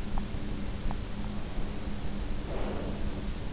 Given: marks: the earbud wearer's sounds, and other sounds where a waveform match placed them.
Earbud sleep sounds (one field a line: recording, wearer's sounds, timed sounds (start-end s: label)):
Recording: sounds in sleep by an in-ear microphone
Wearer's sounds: teeth grinding, breath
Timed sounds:
0.09-1.06 s: teeth grinding
2.30-3.45 s: breath